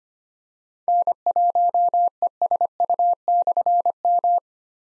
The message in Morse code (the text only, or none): N1ESU/M